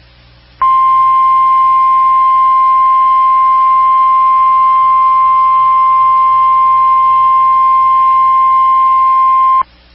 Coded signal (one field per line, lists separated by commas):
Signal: Emergency Alert System (SAME) tones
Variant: 1050 Hz attention tone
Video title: Severe Thunderstorm Warnings + 70 mph Wind gusts in Rockford, IL 6/24/23-6/25/23 (EAS 164-180)